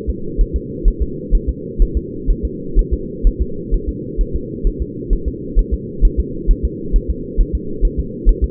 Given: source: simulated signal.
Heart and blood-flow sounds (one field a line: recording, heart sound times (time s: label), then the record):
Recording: fetal heart sounds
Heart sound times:
0.10 s: S2
0.41 s: S1
0.56 s: S2
0.88 s: S1
1.02 s: S2
1.35 s: S1
1.49 s: S2
1.82 s: S1
1.97 s: S2
2.31 s: S1
2.45 s: S2
2.79 s: S1
2.94 s: S2
3.27 s: S1
3.42 s: S2
3.74 s: S1
3.89 s: S2
4.21 s: S1
4.35 s: S2
4.67 s: S1
4.82 s: S2
5.13 s: S1
5.28 s: S2
5.59 s: S1
5.74 s: S2
6.05 s: S1
6.19 s: S2
6.51 s: S1
6.65 s: S2
6.96 s: S1
7.10 s: S2
7.40 s: S1
7.55 s: S2
7.85 s: S1
7.99 s: S2
8.29 s: S1
8.44 s: S2
From the record:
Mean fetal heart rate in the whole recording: 130 bpm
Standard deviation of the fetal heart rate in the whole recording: 4 bpm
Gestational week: 38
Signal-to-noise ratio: -4.3 dB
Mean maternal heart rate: 72 bpm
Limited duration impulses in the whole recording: absent